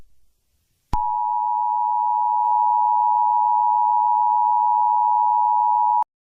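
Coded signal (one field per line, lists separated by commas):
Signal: Emergency Alert System (SAME) tones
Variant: 853 and 960 Hz attention tone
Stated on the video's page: Fictional EAS scenario, not a real alert.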